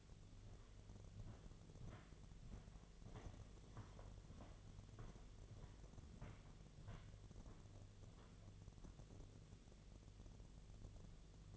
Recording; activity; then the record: daily activity, microphone in the room; walk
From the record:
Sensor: 4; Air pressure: 1009.2 hPa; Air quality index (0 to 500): 173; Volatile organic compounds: 5 ppm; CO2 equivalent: 1738 ppm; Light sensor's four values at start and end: 25/77/30/29 and 25/78/30/29